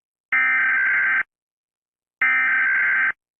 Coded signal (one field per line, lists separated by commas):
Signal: Emergency Alert System (SAME) tones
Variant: header bursts